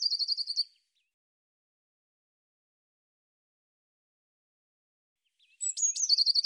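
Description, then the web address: Bird song: the tail of a high rapid trill, a long pause, then a fresh phrase of a sliding note running into a quick trill. "cianscape birddata Deverinetal 2025 Bird Cy Ca"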